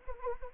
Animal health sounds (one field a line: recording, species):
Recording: mosquito wingbeat signal from an infrared sensor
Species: Anopheles arabiensis